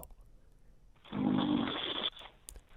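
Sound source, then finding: Adult man, close to a microphone. Snoring.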